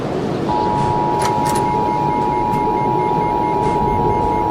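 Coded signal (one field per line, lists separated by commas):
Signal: Emergency Alert System (SAME) tones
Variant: 853 and 960 Hz attention tone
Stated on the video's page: EAS scenario recreation.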